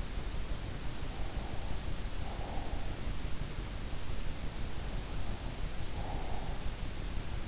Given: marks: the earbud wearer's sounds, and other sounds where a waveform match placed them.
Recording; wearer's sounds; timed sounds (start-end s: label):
sounds in sleep by an in-ear microphone; breath
1.37-2.99 s: breath
4.61-6.97 s: breath